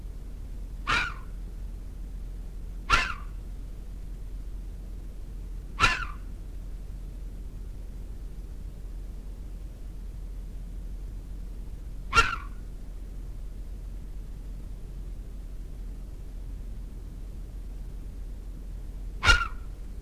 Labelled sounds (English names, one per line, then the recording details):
Corsac Fox barking
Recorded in captivity
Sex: male
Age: adult
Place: Zoologisches Institut der HUB, Berlin, DE
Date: 1969-08-10 12:30
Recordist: Tembrock, Günter